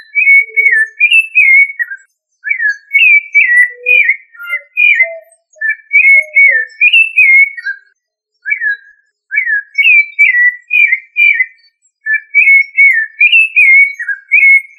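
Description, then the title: Thrush singing varied fluting whistles in quick linked phrases, with occasional short gaps and a few faint lower notes. Family Turdidae. "Familia Turdidae - Sabia"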